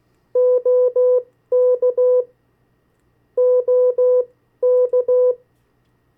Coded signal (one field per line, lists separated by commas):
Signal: Morse code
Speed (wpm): 16 wpm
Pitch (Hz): 500 Hz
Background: none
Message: OK OK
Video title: 50 State Abbreviations, Variable speeds, in CW Video #2